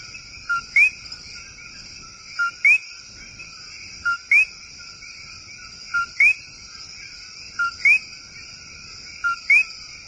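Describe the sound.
Coqui frog calling a two-note co-qui, a short steady note followed by a quick upslurred whistle, repeated roughly every one and three-quarter seconds over a quiet background hiss.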